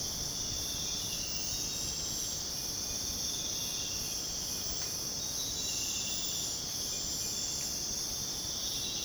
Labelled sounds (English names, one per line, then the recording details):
none
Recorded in dense forest near Puerto Asís, Putumayo, Colombia, on 22 June 2025 at 05:00
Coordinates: 0.486, -76.317
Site G065